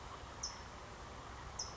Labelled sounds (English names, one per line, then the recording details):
California Towhee
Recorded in Sonoma County, California